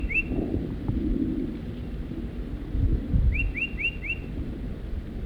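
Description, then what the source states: Crossbill gives a single note, then a quick burst of four similar chitter notes, over heavy low-pitched background rumble. Adults at the nest around noon after a long absence, chittering to the south of the nest.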